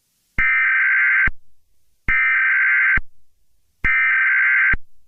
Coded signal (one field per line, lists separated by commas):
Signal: Emergency Alert System (SAME) tones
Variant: header bursts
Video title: EAS Scenario | The Wither Storm (#94)